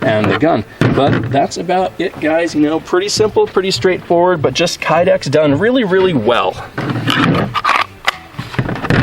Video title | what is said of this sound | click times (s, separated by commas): SHOT Show 2017 T REX ARMS Holsters Review SHOT Show 2017 | click as it fits snugly into that trigger guard very | 8.1 s